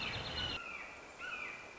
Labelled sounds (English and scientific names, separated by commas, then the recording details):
Red-shouldered Hawk (Buteo lineatus)
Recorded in Sonoma County, California